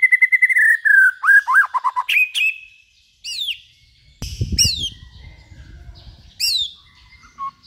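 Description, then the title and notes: White-rumped shama song begins with a fast trill and slurred whistles, then sparse high downslurred notes over a low thumping noise. Used as a lure for trapping. "Pikat Murai Batu. Burung Murai Batu"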